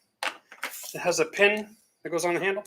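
A paint roller frame with a pin is handled against an extension pole handle while someone talks, with two brief sharp handling sounds at about 0.5 and 0.6 seconds. The pin has not yet gone into the handle, and nothing has seated or clicked yet.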